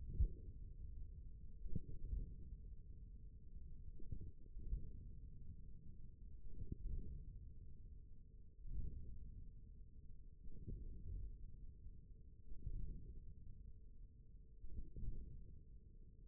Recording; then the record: forearm muscle sounds (acoustic myography)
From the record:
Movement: hook grip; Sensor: system 1, eight BSWA MPA416 microphones around the upper forearm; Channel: 2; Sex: male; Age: 41 years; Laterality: right